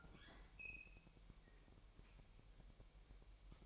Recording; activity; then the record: daily activity, microphone in the room; open fridge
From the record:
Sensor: 1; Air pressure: 1001.9 hPa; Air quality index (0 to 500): 237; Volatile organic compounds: 43 ppm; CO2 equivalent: 3199 ppm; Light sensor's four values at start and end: 8/28/10/11 and 8/28/10/11